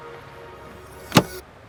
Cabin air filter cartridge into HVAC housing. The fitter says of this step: snapped in place right there